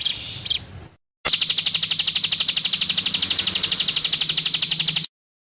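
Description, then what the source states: Spiderhunter song: a brief burst of high notes, a short pause, then a fast, even string of sharp chipping notes. Masteran training recording for cage birds; bird described as gacor, singing actively, with a clear, long song.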